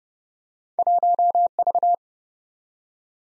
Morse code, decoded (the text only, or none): 1V